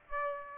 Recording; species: mosquito wingbeat signal from an infrared sensor; Aedes aegypti